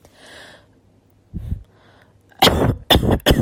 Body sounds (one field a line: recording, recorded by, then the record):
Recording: voluntary cough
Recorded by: messaging app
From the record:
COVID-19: positive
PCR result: self-reported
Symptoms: no